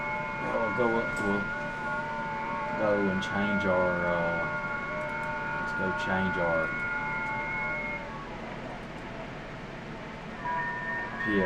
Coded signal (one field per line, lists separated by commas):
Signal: FT8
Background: speech